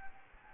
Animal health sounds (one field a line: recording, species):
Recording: mosquito wingbeat signal from an infrared sensor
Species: Anopheles gambiae